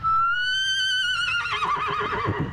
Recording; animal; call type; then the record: contact call of a hoofed animal; horse; whinny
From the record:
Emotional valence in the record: negative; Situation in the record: group separation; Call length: 2.5 s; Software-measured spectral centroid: 2340 Hz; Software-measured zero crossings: 3500 a second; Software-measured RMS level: -24 dBFS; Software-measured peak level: -11 dBFS